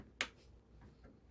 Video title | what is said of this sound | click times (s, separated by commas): Corsair 760T ReBuild Guide & Tips | You'll hear it click in place. | 0.2 s